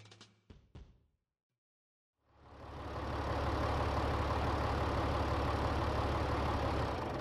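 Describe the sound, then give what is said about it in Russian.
A few brief clunks and a short silence, then a tractor engine starts up, swells quickly and keeps running at a loud, steady rumble with a deep, throbbing low drone as the tractor drives briskly along a road. “Несмотря на то, что трактор весьма резво катил по дороге, добрались до пирса лишь спустя 40 минут и изрядно растрясли внутренности”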